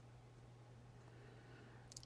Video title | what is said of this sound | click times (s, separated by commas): Some Go To Sewing Supplies I love | teeth that kind of click together and you can see it right here | 1.9 s, 2.0 s